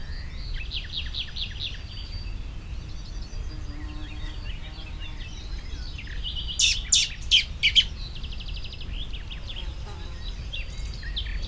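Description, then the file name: Common blackbird giving a quick burst of several sharp, harsh calls late on, amid trilling and twittering and low rumbling background noise. "Turdus merula"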